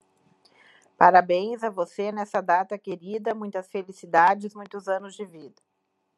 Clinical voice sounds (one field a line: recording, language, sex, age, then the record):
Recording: short text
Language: Brazilian Portuguese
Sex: female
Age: 50 to 59 years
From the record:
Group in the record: control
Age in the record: 50 years